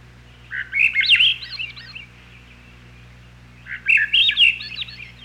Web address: 101 Bird Songs. Swainson's Thrush